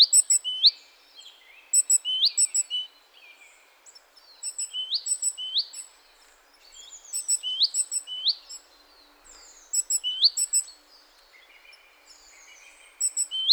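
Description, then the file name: Great tit song: repeated high sharp notes and upswept rising phrases in several bursts with short pauses between them. "Parus major"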